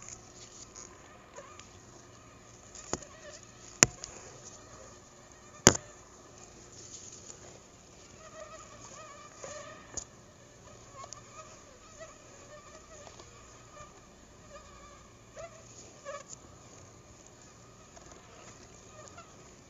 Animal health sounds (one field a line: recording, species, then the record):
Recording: mosquito flight sound by mobile phone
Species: Anopheles gambiae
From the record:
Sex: female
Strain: Akron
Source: CDC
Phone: Google Nexus